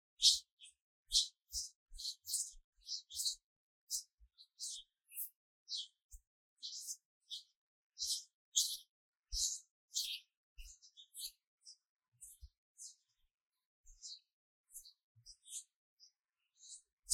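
Hand sounds: a run of short, bright, scratchy bursts, like skin brushing or rubbing, repeating about two or three times a second for the whole stretch. Some bursts carry a faint low thump, and the strokes grow softer and sparser after the midpoint.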